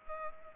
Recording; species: mosquito wingbeat signal from an infrared sensor; Culex pipiens